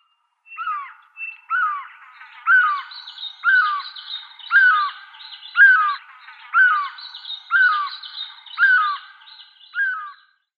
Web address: Schulze Peter Dark Chanting-Goshawk